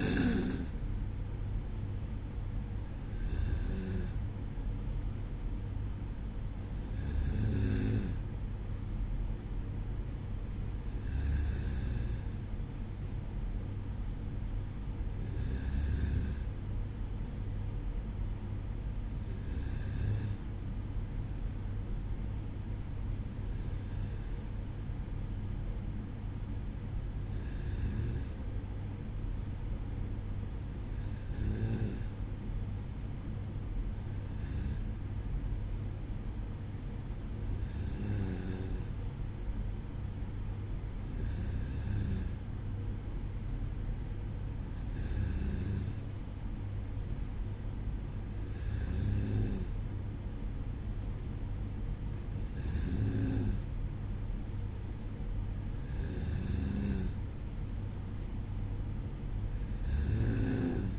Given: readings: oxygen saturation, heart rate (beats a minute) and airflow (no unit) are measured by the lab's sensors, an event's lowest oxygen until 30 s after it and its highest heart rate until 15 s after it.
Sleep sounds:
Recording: breathing in sleep by a smartphone at the bedside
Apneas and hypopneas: none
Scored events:
none scored
From the record:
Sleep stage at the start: N2 (light sleep)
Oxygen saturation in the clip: 93 to 94%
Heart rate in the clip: 55 to 57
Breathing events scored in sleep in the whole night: 305 in 9.6 hours asleep

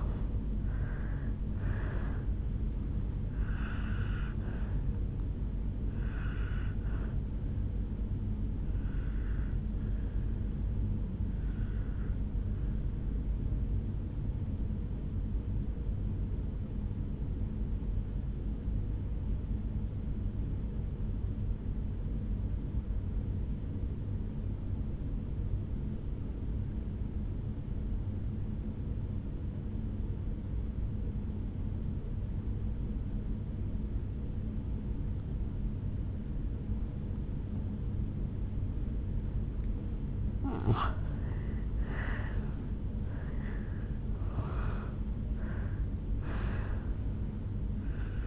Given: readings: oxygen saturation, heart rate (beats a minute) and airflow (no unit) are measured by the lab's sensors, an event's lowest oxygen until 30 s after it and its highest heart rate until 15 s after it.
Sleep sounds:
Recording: breathing in sleep by a smartphone at the bedside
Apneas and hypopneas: 1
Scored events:
10.00-40.30 s: obstructive apnea (N1, oxygen 97% highest, then 85% lowest, heart rate 62 at the start, 73 highest)
15.00-45.00 s: new sleep stage, N2 (light sleep)
45.00-48.27 s: new sleep stage, N1 (lightest sleep)
From the record:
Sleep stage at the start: N1 (lightest sleep)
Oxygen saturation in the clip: 82 to 97%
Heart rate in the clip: 57 to 76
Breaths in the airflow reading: 5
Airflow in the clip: -13.9 to 9.8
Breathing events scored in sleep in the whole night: 449 in 7.0 hours asleep

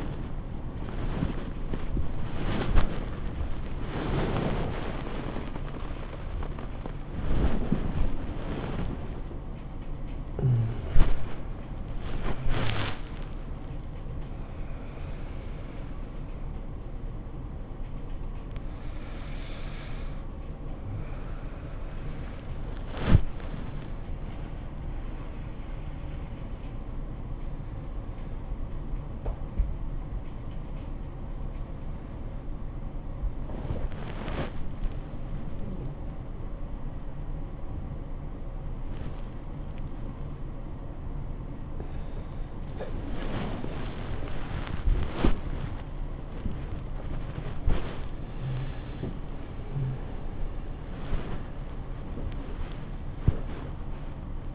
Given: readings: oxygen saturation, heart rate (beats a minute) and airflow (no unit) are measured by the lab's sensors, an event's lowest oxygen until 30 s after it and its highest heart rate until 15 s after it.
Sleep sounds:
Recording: a person awake in a sleep study, by a smartphone at the bedside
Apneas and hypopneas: none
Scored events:
0.00-54.55 s: awake
From the record:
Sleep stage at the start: awake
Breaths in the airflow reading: 21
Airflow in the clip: -0.7 to 0.6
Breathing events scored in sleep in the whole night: 403 in 5.5 hours asleep

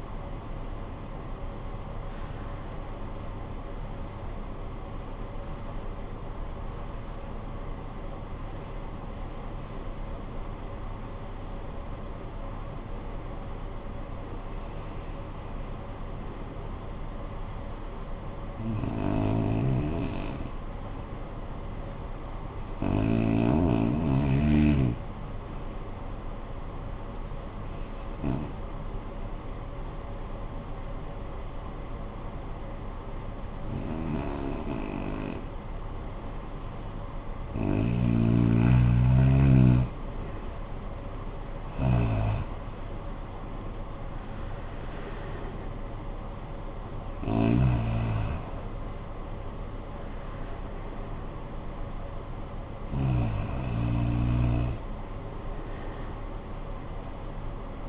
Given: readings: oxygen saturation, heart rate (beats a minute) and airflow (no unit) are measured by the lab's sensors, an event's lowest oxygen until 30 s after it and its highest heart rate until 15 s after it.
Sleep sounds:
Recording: breathing in sleep by a smartphone at the bedside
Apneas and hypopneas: 1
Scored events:
11.00-37.70 s: hypopnea (REM, oxygen 95% highest, then 86% lowest, heart rate 46 at the start, 71 highest)
55.00-57.89 s: new sleep stage, awake
From the record:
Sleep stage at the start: REM sleep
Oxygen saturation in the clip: 73 to 95%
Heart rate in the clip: 46 to 80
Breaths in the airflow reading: 12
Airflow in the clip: -15.7 to 15.6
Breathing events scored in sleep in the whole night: 445 in 7.6 hours asleep

